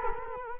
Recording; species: mosquito wingbeat signal from an infrared sensor; Culex quinquefasciatus